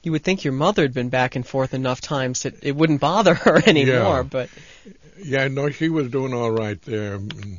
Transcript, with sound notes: You'd think your mother had been back and forth enough times it wouldn't bother her any more but... (he laughs)
Yeah, she was doing all right there.